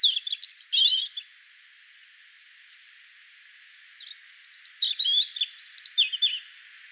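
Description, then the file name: European robin song: two separate phrases of high, liquid warbling and thin whistles, with a quiet pause of about three seconds between them. "Erithacus rubecula"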